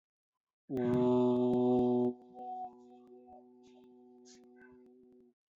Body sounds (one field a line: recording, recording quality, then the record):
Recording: sustained vowel as in boot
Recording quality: excellent, no background noise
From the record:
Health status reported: respiratory illness, not identified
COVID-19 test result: not tested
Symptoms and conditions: breathing difficulty, asthma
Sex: male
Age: 18 years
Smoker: not ticked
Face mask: not worn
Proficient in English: no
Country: India